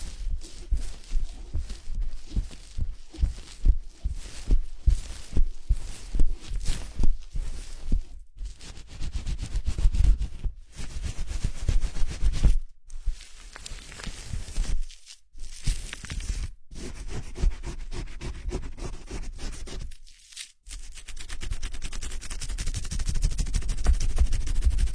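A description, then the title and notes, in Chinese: Foam shampooing and a scalp massage: dense, crackly rubbing and squishing of lather fills the clip, with quick rhythmic strokes in the first half. A few brief silent breaks fall around 10, 13, 15, 16 and 20 seconds, then the soft crackling resumes steadily. 泡沫洗头 按摩。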